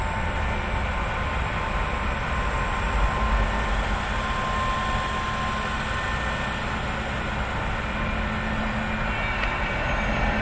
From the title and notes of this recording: Street sweeper on Theresa Ave. This is 2 live tracks recorded simultaneously with very little editing, just a fade at the end and some tape generated echo on one track added live during the take, then played in reverse against the other track.